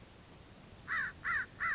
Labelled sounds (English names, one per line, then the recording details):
American Crow
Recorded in Sonoma County, California